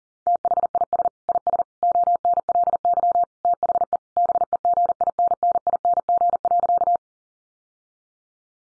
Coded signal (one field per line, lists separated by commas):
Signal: Morse code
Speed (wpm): 40 wpm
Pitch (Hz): 700 Hz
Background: none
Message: THIS IS ONLY THE BEGINNING.